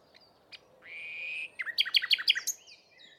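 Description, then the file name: Common nightingale song: a sustained pure whistled note, then a burst of rapid, loud repeated chirps before stopping. "Luscinia megarhynchos"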